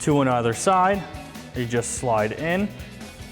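A supplied mounting bolt for a RedRock mesh upper replacement grille on a 2015-2017 F-150 is being slid into one of four mounting locations on the plastic grille, two on either side, while someone talks over background music. The bolt is handled but has not seated or locked into place yet.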